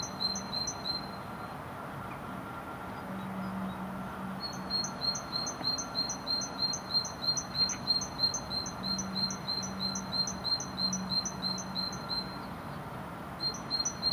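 Great tit calling: bright two-note phrases, high then lower, repeated rapidly about three per second, with a short pause near the start; a steady low hum underneath.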